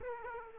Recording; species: mosquito wingbeat signal from an infrared sensor; Aedes aegypti